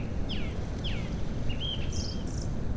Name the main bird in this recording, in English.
Song Thrush